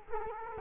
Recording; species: mosquito wingbeat signal from an infrared sensor; Culex quinquefasciatus